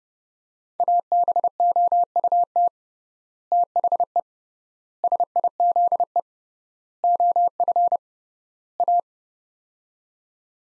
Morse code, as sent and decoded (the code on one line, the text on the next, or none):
.- -... --- ..- - / - .... . / ... .. --.. . / --- ..-. / .-
ABOUT THE SIZE OF A